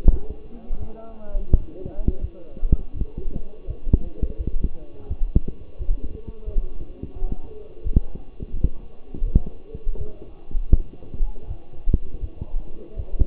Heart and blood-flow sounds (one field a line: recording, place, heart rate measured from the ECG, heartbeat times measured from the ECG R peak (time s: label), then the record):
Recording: heart sounds by stethoscope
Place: between the tricuspid and mitral areas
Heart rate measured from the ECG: 84 bpm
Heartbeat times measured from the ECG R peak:
0.10 s: heartbeat
0.78 s: heartbeat
1.50 s: heartbeat
2.20 s: heartbeat
2.93 s: heartbeat
3.66 s: heartbeat
4.37 s: heartbeat
5.07 s: heartbeat
5.78 s: heartbeat
6.45 s: heartbeat
7.14 s: heartbeat
7.83 s: heartbeat
8.52 s: heartbeat
9.24 s: heartbeat
9.97 s: heartbeat
10.69 s: heartbeat
11.47 s: heartbeat
12.20 s: heartbeat
12.95 s: heartbeat
From the record:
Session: walking at 3.7 km/h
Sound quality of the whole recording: partially saturated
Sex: male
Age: 24 years